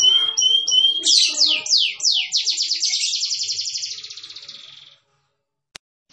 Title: Cengkok kenari mewah yang di cari juri